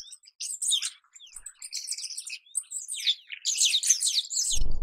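Rosy starling, several bursts of scratchy high chattering with thin whistles, ending in a low thud.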